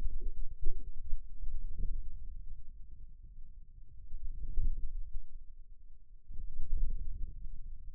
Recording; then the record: forearm muscle sounds (acoustic myography)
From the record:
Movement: wrist flexion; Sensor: system 2, bracelet of six BSWA MPA416 microphones around the upper forearm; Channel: 2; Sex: male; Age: 22 years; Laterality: right